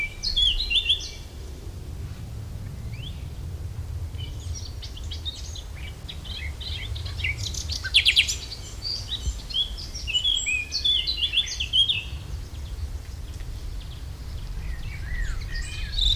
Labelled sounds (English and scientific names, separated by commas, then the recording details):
Eurasian Blackcap (Sylvia atricapilla) song
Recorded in the wild
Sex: male
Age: adult
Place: Lübars, Sprintsteig, Berlin, DE
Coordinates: 52.6167, 13.3481
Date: 1998-05-01 11:12
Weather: fair, 17°C
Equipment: Sony MD-WM MZ-R3, Sennheiser MKH 416 T, Kopie Uher 4000 Report Monitor
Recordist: Tembrock, Günter